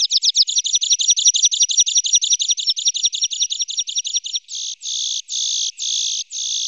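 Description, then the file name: Water pipit calls: a long, fast run of many thin, high chirps, then several longer buzzy notes with short gaps. "linduška-horská"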